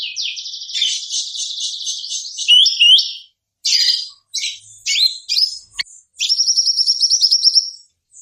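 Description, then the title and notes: Bird calls, a long harsh rattling trill followed by scattered squeaky whistles and chirps, then another rapid buzzy trill. Bird lure calls used to attract stubborn birds that are hard to approach. "Suara Burung Bandel Yang Susah Mendekati. Kompilasi Suara Pikat Burung"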